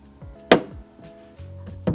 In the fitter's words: And then you just push this in and wait for the two click sounds.